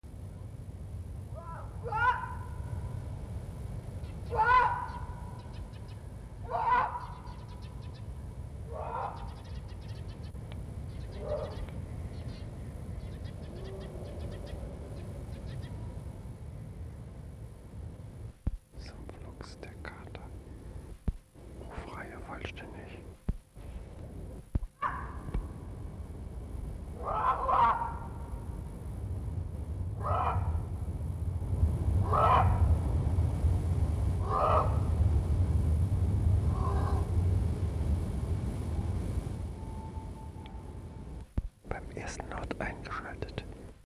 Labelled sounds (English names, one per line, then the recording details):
Jungle Cat call
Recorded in captivity
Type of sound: call sequence
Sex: male
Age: adult
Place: Tierpark Berlin, Berlin, DE
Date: 1963-02-16 18:30
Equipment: Minifon, Kopie Smaragd
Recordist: Tembrock, Günter
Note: Sumpfluchs bzw. Rohrkatze. Männchen: Rufreihen. Erste vollständig, bei der Zweiten während des ersten Lautes eingeschaltet. Abstand ca 20 m